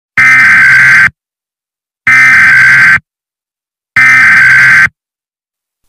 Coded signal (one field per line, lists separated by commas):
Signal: Emergency Alert System (SAME) tones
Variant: header bursts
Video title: EAS Short Scenario: Interminable Rooms (Part 2B) (A-60)